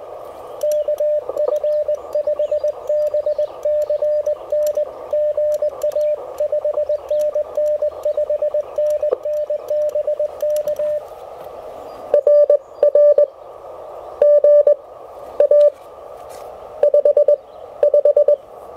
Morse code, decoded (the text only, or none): KF5BCN GA 5NN 5NN BK RR GA 55